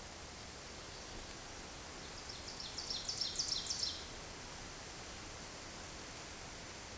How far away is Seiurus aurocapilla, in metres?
about 45 m